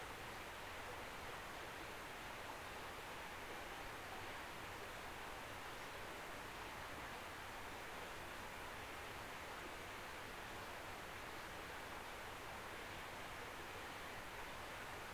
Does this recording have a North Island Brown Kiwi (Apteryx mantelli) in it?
no